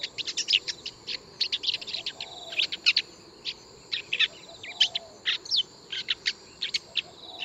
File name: 紅尾伯勞